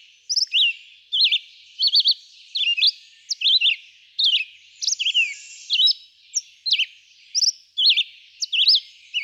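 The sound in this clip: Red-eyed vireo singing quick slurred phrases persistently, one after another with short gaps.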